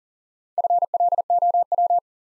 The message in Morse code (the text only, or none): FLOW